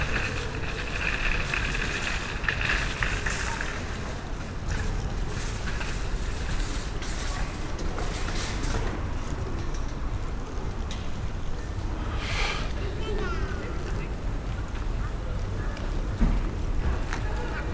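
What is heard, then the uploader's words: A busy scene in Riley Square: a steady, heavy low rumble like engines or traffic runs throughout at an even level. Voices and scattered sharp clatters rise above it, especially around two to four seconds, with a bright hiss near twelve seconds. Bell Green, How Places Feel: Soundscape. Listen to Riley Square, recorded by audio consultant Gavin Griffiths as part of our Bell Green Library project: The Time of Our Lives.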